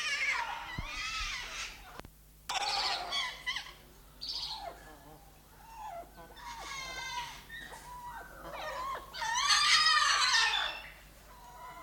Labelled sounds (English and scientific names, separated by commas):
White Cockatoo (Cacatua alba)